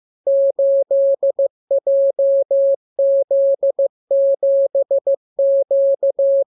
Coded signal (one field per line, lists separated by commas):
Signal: Morse code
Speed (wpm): 15 wpm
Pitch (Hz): 550 Hz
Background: none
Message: 8JZ7Q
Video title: Learning Morse Code. Lesson 38. Letter KMURESNAPTLWI.JZ=FOY,VG5/Q92H38B?47C1D6